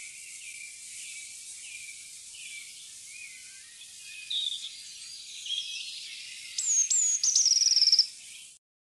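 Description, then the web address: Eurasian blue tit calls: faint thin high notes early on, then a loud run of high, sharp whistled notes that breaks into a quick trill near the end, over steady hiss. "fuglelyder blaameis"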